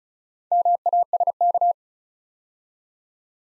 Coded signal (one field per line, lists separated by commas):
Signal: Morse code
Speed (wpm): 36 wpm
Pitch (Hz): 700 Hz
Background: none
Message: MASK